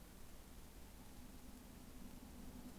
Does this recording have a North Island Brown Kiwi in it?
no